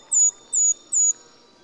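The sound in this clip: Golden-crowned kinglet giving three very high, thin, drawn-out notes, evenly spaced, over a faint low background hum.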